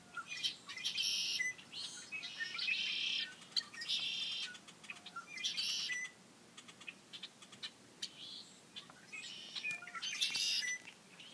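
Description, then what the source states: Red-winged blackbirds in chorus, buzzy trills recurring every second or two, with a pause of a couple of seconds past the middle, among scattered sharp clicking chips. Many birds calling together.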